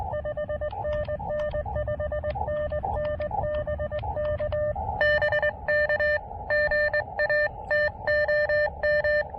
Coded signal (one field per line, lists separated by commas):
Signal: Morse code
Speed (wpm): 20 wpm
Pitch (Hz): 600 Hz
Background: none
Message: 5NN 5NN BK BK GA TOM